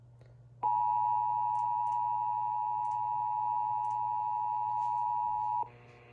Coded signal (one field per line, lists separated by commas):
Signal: Emergency Alert System (SAME) tones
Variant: 853 and 960 Hz attention tone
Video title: EAS 1410-1412: KDKA EAS Test + WAHC Relays + Deviousness